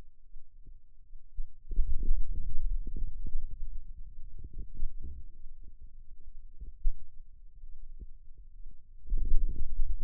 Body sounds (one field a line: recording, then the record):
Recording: forearm muscle sounds (acoustic myography)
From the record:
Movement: radial deviation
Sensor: system 2, bracelet of six BSWA MPA416 microphones around the upper forearm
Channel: 1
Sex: male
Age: 22 years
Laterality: right